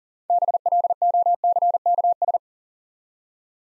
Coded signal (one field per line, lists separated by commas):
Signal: Morse code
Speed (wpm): 43 wpm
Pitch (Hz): 700 Hz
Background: none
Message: BLOCKS